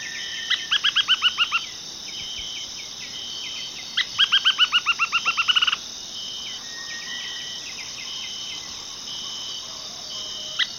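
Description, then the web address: Dark-breasted spinetail singing two rapid bursts of many clipped notes, separated by a pause, over steady high insect trilling and chirps. Recorded in the eastern lowlands of South America. "Natures Songs S America Eastern Lowlands. Dark-breasted Spinetail"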